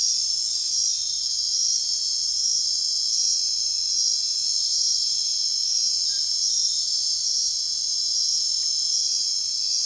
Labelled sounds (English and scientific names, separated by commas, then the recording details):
none
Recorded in secondary vegetation near Puerto Asís, Putumayo, Colombia, on 22 June 2025 at 00:30
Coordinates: 0.498, -76.327
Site GP09